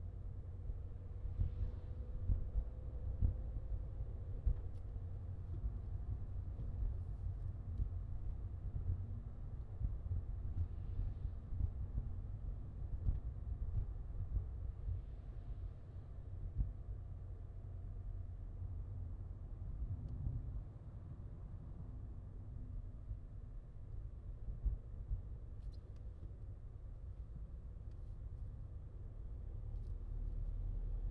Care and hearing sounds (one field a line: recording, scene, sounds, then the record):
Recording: everyday scene through a hearing-aid microphone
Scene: in a vehicle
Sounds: engine, highway driving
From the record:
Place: Skoda Fabia, gasoline engine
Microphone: in the ear canal, left